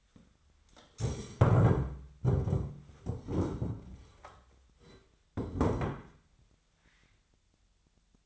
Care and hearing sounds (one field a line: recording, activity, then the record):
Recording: daily activity, microphone in the room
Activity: stand up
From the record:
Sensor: 3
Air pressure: 1008.0 hPa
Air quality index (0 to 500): 191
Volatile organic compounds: 14 ppm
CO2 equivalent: 2446 ppm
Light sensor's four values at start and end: 12/30/12/12 and 12/29/12/12